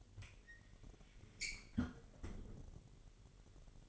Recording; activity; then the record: daily activity, microphone in the room; close fridge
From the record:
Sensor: 4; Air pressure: 1002.8 hPa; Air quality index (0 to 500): 248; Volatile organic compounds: 19 ppm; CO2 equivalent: 2653 ppm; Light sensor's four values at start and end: 4/9/3/4 and 4/9/3/4